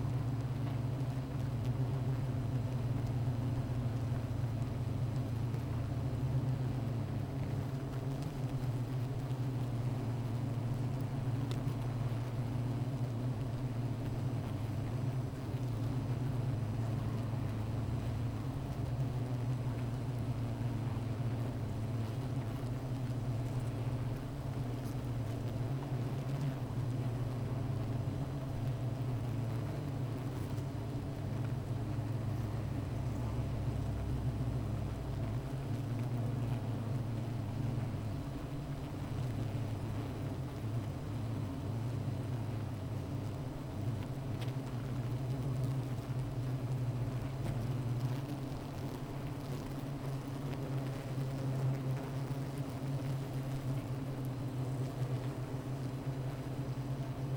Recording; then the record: honeybee colony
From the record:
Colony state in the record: missing queen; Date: 14 July 2017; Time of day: 15:20